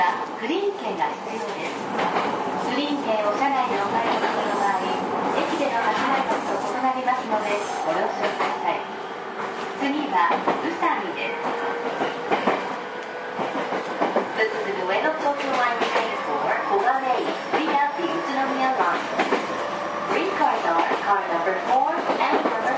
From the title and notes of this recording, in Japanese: JRE231系 伊東〜横浜。区間は伊東線→東海道線です。